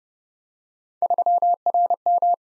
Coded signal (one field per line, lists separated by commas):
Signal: Morse code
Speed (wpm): 30 wpm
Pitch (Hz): 700 Hz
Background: none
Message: 3RM